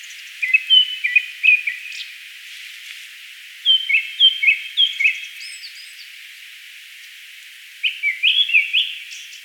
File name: Turdus cardis